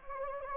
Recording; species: mosquito wingbeat signal from an infrared sensor; Anopheles gambiae